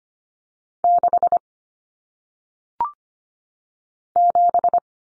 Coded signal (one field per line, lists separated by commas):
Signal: Morse code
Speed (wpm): 25 wpm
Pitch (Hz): 700 Hz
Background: none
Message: 6 7